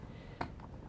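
An original key is turned in the lock of a leather-covered jewelry box, giving a sharp click at 0.4 s, followed by two faint ticks around 0.6 s. The lock releases and the box can be opened.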